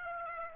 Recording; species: mosquito wingbeat signal from an infrared sensor; Aedes aegypti